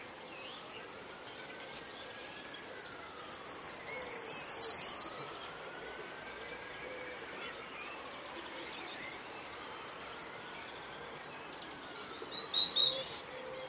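Birds call in a spring garden, with a loud burst of high, rapid chirping from a bird around four seconds and another shorter flurry near twelve seconds. Between them a steady outdoor hiss fills the background, with a faint rising and falling tone.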